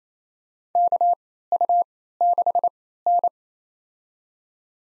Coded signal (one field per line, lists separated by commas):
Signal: Morse code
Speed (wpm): 28 wpm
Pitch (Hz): 700 Hz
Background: none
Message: KU6N